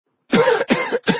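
An adult coughing: three quick coughs in a row, the last one cut short.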